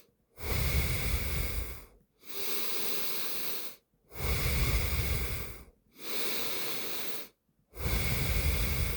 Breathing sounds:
nose breathing near a microphone
0.00-1.91 s: exhalation
1.91-3.81 s: inhalation
3.81-5.66 s: exhalation
5.66-7.36 s: inhalation
7.36-8.97 s: exhalation
From the record:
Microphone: phone

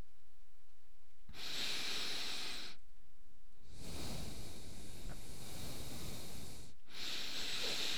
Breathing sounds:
nose breathing near a microphone
1.08-2.82 s: inhalation
3.52-6.70 s: exhalation
6.70-7.98 s: inhalation
From the record:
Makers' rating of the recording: medium

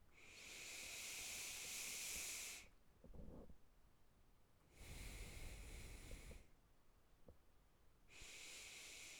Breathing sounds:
nose breathing near a microphone
0.09-2.73 s: inhalation
4.61-6.38 s: exhalation
8.14-9.20 s: inhalation
From the record:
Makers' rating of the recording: good

